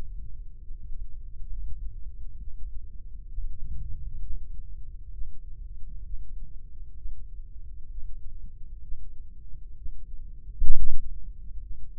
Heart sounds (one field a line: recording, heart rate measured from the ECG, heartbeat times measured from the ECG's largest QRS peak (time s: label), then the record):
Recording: heart sounds by microphone in the left ear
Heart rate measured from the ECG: 65 bpm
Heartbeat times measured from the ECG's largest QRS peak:
0.63 s: heartbeat
1.50 s: heartbeat
2.39 s: heartbeat
3.30 s: heartbeat
4.22 s: heartbeat
5.13 s: heartbeat
6.05 s: heartbeat
6.97 s: heartbeat
7.90 s: heartbeat
8.83 s: heartbeat
9.77 s: heartbeat
10.70 s: heartbeat
11.62 s: heartbeat
From the record:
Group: healthy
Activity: Valsalva maneuver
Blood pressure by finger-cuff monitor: 113/85 mmHg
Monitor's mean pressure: 95 mmHg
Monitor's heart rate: 66 bpm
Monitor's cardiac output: 3 L/min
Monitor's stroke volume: 45 mL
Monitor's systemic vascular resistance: 2290 dyn s/cm5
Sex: male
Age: 55 years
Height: 167 cm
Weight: 57.2 kg